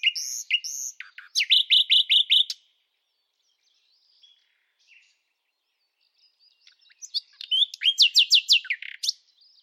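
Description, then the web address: Songbird giving rapid bursts of repeated high notes, a quiet middle stretch, then another fast run of sharp descending notes. "Bird Only"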